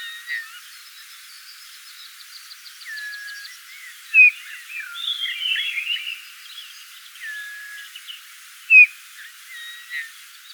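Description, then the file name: Eurasian bullfinch calls as mellow whistles spaced throughout, with a brief busier burst of notes midway and two sharp, loud notes. "Pyrrhula pyrrhula"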